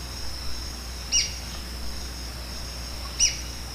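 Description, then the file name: White-crested spadebill calls: two brief, sharp high notes roughly two seconds apart over a continuous shrill insect hum. "canto do patinho de coroa branca"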